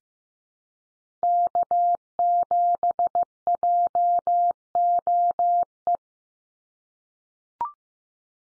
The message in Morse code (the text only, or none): K7JOE